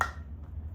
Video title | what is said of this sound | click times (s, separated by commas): How To Reattach a Doorknob | You heard the snap. | 0.0 s